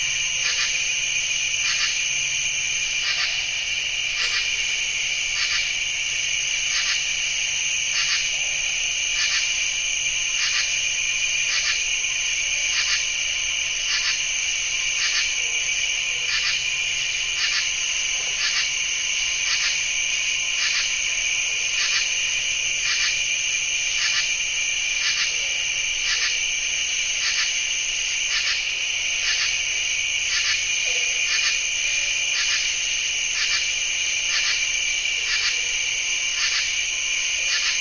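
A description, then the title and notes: An evening chorus of bird-voiced treefrogs fills the clip, a steady, dense wall of high whistling trills. Regular pulses repeat about every second throughout, layered over a continuous shrill band, with a faint low rumble underneath and little change from start to finish. Jessamine Bayou is a seasonally flooded forest in the heart of America's Amazon, the Mobile-Tensaw River Delta. These recordings are taken from overnight "drop rigs" left at the edge of a tributary surrounded cypress swamp and adjacent to a field of saw palmetto. Crickets and katydids tune up.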